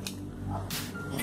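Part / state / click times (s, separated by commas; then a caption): plastic tail light lens cover on a motorcycle rear light housing / released / 0.1 s. A small plastic tail light lens cover on a motorcycle's rear light housing is pried off. It comes loose with a short, sharp pop at 0.1 s, followed by fainter noises over a steady low hum. The cover released very easily because it was badly fitted.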